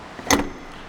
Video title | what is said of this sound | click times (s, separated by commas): 2013 Nissan Leaf S used cars SUVs Miami Vehiclemax net red 32238 | if you see the red means it's not locked down but when I push it it should lock into place | 0.3 s